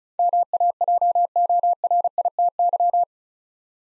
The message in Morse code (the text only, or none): MAJORITY